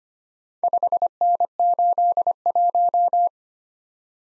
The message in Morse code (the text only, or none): 5N81